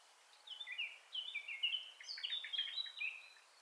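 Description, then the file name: Eurasian blackcap warbling, with scratchy chattering notes woven between clearer whistled phrases. "Sylvia atricapilla"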